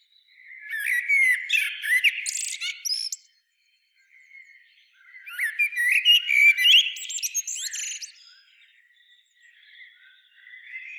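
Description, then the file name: Common blackbird giving two loud warbled phrases with squeaky high endings, separated by a brief silence, quieter warbling trailing after. "Turdus merula"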